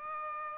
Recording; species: mosquito wingbeat signal from an infrared sensor; Aedes aegypti